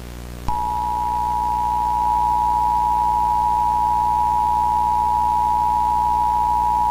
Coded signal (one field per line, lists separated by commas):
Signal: Emergency Alert System (SAME) tones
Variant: 853 and 960 Hz attention tone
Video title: EAS Broadcast Hijacking (2004?)